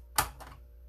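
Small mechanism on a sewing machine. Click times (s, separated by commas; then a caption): 0.2 s. A small part on a sewing machine, possibly the bobbin winder or a foot, is pushed in during face-mask sewing. A sharp click is heard at 0.2 s, followed by a fainter tick around 0.4 s. The part seats.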